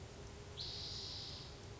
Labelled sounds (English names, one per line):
Spotted Towhee